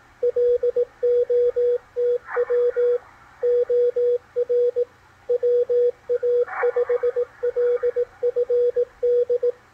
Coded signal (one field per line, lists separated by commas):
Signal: Morse code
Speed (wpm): 18 wpm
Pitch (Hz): 490 Hz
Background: radio noise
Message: LOTW OR WA5LFD